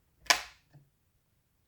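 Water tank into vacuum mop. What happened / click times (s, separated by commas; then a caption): The water tank clicked home / 0.3 s. A plastic water tank is pushed into a wet/dry vacuum-mop and seats with one sharp, bright click at 0.3 s. A much softer, duller tap follows at about 0.75 s, then quiet. The tank clicks home and is seated.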